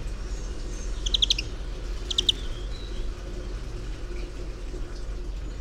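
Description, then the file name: European greenfinch calling twice, each a quick chattering burst of clipped notes about a second apart, against a low rumbling background. "Chloris chloris"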